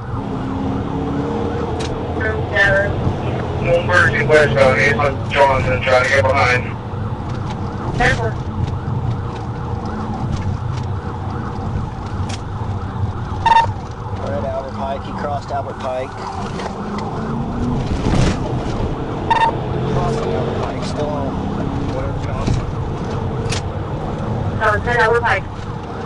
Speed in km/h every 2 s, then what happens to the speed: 111, 130, 127, 121, 111, 98, 69, 56, 79, 92, 105, 114, 111.
0-2 speeds up to 130. 2-14 brakes to 56. 14-21 speeds up to 114.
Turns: none.